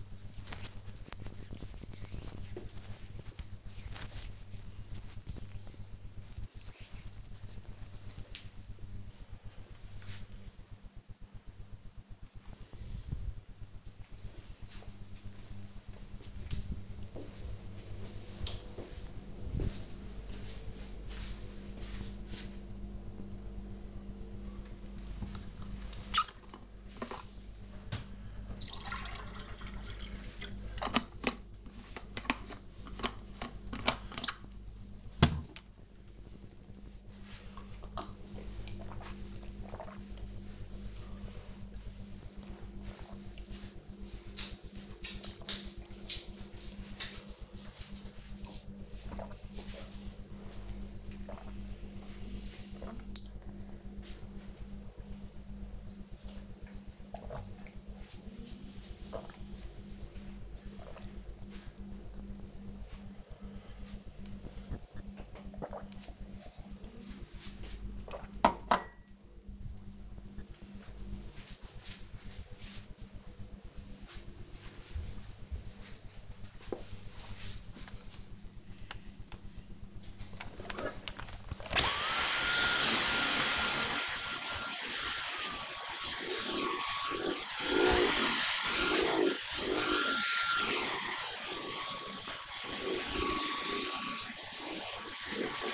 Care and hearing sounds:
household activities, microphone on the right wrist
0.00-8.07 s: cream hands
24.18-68.44 s: drinking
79.53-95.74 s: vacuum cleaning

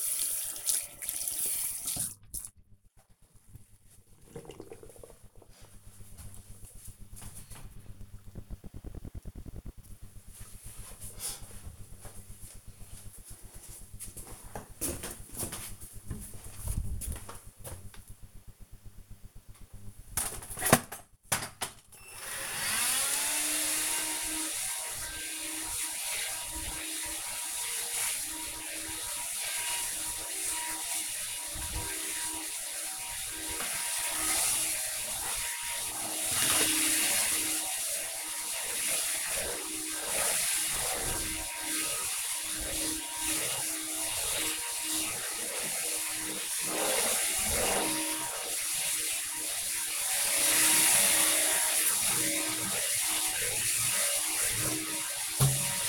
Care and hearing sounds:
household activities, microphone on the right wrist
0.00-2.88 s: washing hands
18.99-55.89 s: vacuum cleaning

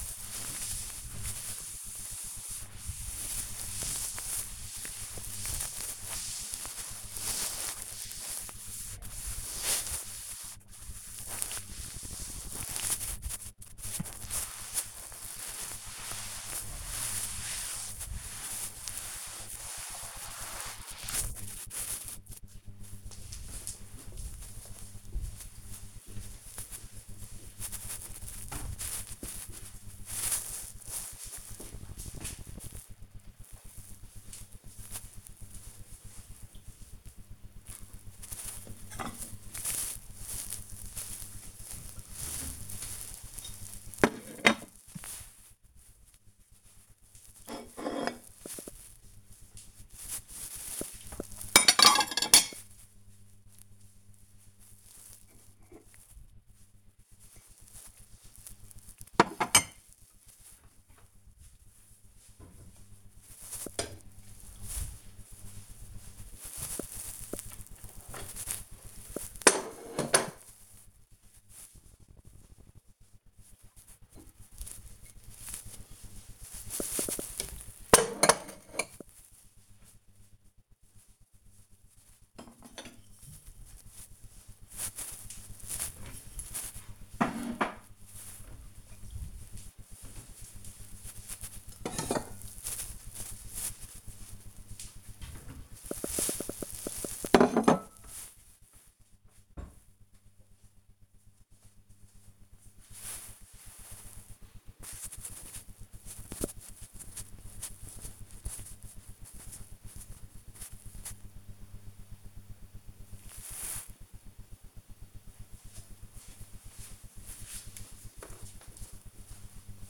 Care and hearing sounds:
household activities, microphone on the right wrist
0.00-20.92 s: cleaning table
37.00-99.47 s: putting away the dishes

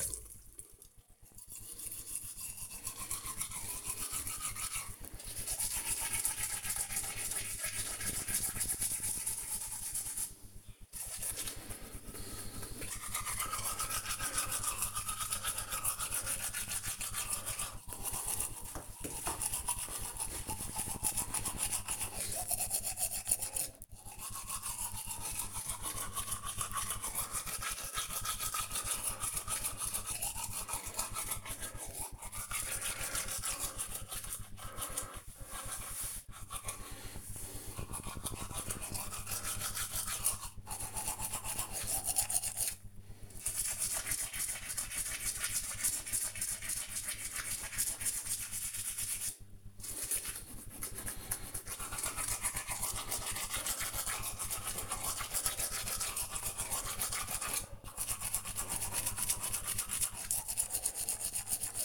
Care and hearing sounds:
household activities, microphone on the right wrist
0.00-61.85 s: brushing teeth

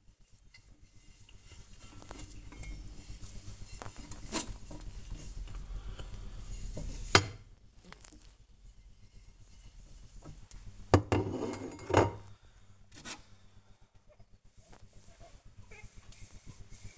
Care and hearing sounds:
household activities, microphone on the right wrist
0.00-16.97 s: washing dishes

